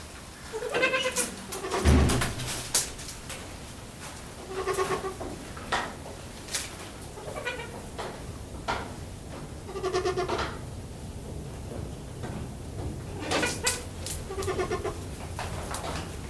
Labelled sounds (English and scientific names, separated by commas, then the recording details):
Trumpeter Hornbill (Bycanistes bucinator) call
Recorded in captivity
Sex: pair
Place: Zoo Berlin, Berlin, DE
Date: 1996-01-21 13:39
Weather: heiter, -7°C
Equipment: Sony MD-WM MZ-R3, Sennheiser ME 80, Kopie Uher 4000 Report Monitor
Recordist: Tembrock, Günter